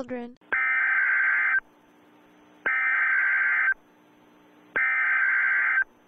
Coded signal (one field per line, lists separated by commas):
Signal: Emergency Alert System (SAME) tones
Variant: header bursts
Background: speech